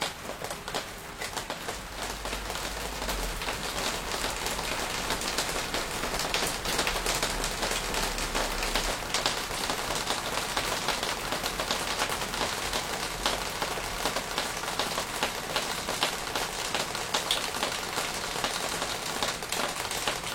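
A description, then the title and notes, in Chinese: Rain falls steadily, a dense hiss of countless drops with fine crackling patter on a hard surface. The sound stays even for the whole stretch, bright and crisp, with a faint low hum underneath that comes and goes. 净化的心灵雨声。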